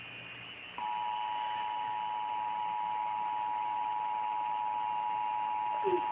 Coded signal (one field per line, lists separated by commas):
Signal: Emergency Alert System (SAME) tones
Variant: 853 and 960 Hz attention tone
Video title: Lady Gaga and EAS!